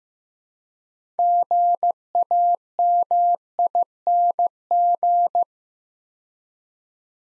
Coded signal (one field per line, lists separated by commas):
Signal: Morse code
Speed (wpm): 15 wpm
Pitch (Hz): 700 Hz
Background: none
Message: GAMING